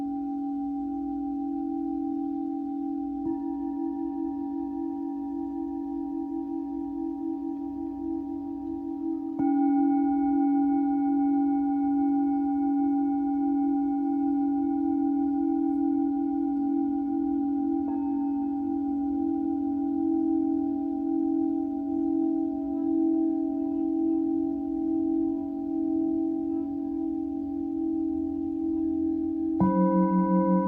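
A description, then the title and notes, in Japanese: Singing bowls ring in a sustained, shimmering drone with a strong low hum and several clear overtones above it. Fresh strikes add new tones at about 3, 9, 18 and 30 seconds, each layering over the long, slowly pulsing resonance that never fades out. シンギングボウルライブ。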